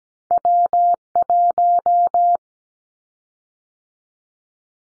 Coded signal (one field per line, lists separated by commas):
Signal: Morse code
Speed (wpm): 17 wpm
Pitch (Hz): 700 Hz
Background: none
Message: W1